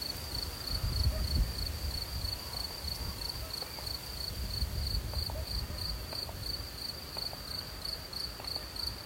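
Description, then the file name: Cricket trill pulsing steadily at a high pitch, several pulses per second, with faint ticks and a continuous low wind rumble beneath. Crickets in a forest with wind. "forest wind with crickets and cuckoo"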